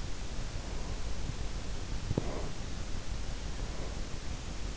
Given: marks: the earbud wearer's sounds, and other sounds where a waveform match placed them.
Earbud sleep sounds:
sounds in sleep by an in-ear microphone; breath
0.42-4.25 s: breath
1.95-2.47 s: sound from someone else or the room

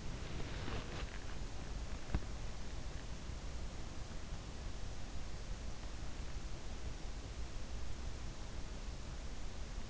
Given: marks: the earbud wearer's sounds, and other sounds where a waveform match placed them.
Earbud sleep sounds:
sounds in sleep by an in-ear microphone; body movement
0.00-2.66 s: body movement

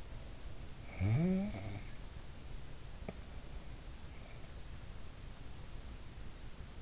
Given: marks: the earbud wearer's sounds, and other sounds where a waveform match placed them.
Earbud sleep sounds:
sounds in sleep by an in-ear microphone; snoring breath
0.02-2.53 s: snoring breath

